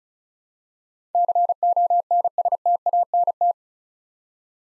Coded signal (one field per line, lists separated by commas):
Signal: Morse code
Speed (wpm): 34 wpm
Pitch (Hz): 700 Hz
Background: none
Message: CONSTANT